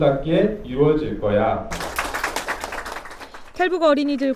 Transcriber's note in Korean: 박수